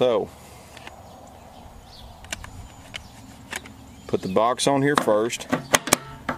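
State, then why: Seated. A plastic locking box for an SW Motech Evo tankbag is pressed down onto the metal tank ring on a motorcycle fuel tank, and someone talks between scattered light taps. The box latches into place with two sharp clicks at 5.8 s and 5.9 s, leaving it locked onto the ring.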